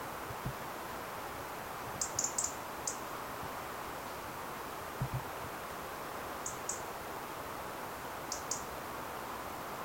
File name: Erithacus rubecula